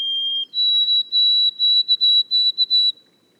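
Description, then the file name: White-throated sparrow song: the end of a low whistle, then a higher whistle breaking into a rapid run of short, repeated notes that then stop. Boreal forest of Haute-Côte-Nord, 29 May 2018. "bruant a gorge blanche foret boreale de la haute cote nord"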